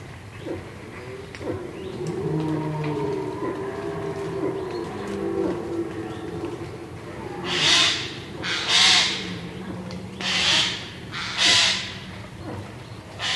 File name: Garrulus glandarius